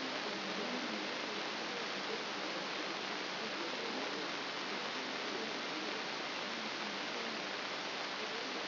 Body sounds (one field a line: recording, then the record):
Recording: brain microelectrode recording played as sound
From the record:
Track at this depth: outside the subthalamic nucleus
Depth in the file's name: 6.301 mm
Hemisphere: left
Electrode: 3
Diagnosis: Parkinson's disease